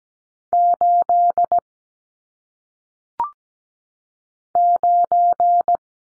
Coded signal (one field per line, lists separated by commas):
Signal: Morse code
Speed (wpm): 17 wpm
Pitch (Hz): 700 Hz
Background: none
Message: 8 9